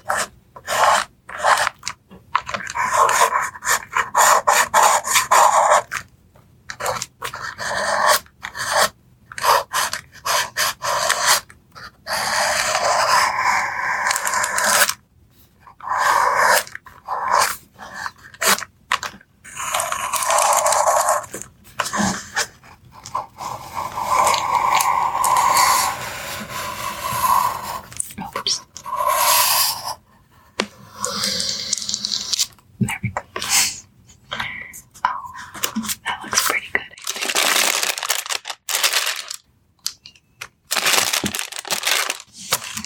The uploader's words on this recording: Soft tracing with pencils.